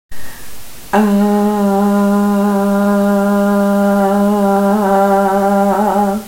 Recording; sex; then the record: sustained vowel /a/; female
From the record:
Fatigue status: no fatigue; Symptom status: asymptomatic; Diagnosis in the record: COVID-19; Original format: m4a